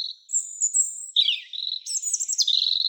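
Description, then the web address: European robin singing a thin, high, twittering phrase of sliding whistles and fast trills, with notes jumping between lower and very high pitches. "Erithacus rubecula"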